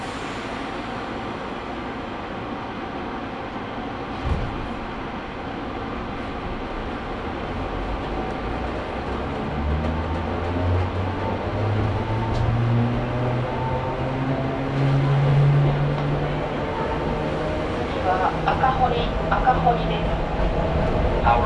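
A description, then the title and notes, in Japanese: Inside an express train on the move, a steady low rumble of wheels fills the cabin. A single thump lands near four seconds, and from about ten seconds a humming motor tone rises in pitch as the train speeds up, with light rattles and clicks toward the end. 近鉄急行 四日市→伊勢若松。モーター音や加速の違いが歴然としています。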